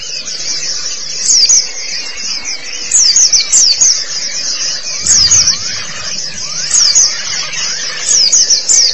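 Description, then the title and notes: White-eye twittering: a steady, high, buzzy chatter with sharper chirps breaking through at irregular intervals. "Kicauan Burung Pleci Durasi Panjang. Suara kicauan burung pleci"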